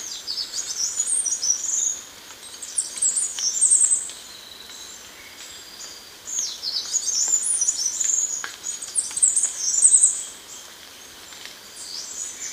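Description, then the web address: Mountain wren song in long, very high, tangled passages of trills and thin whistles, with short pauses between them. Ecuador. "Natures Songs S America Birds of Ecuador Mountain Wren"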